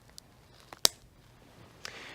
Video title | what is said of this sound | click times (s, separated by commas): Breg T-Scope Review and Application Instructions | sure to push these clips all the way down until you hear a click which will mean it is now locked hinge | 0.9 s